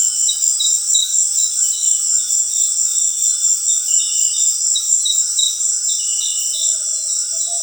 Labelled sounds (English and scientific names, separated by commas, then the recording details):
White-throated Toucan (Ramphastos tucanus), Tropical Screech-Owl (Megascops choliba)
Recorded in dense forest near Puerto Asís, Putumayo, Colombia, on 18 February 2024 at 18:30
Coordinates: 0.502, -76.326
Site G6460